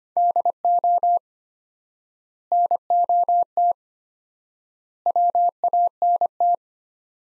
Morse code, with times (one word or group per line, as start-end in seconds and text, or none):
0.2-1.2 DO
2.5-3.7 NOT
5.1-6.5 WANT